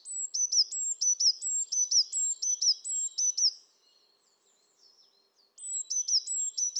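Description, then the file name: Eurasian blue tit song: fast repeated high, ringing paired notes in a long run, a pause of about two seconds, then the same trill resumes. "Cyanistes caeruleus"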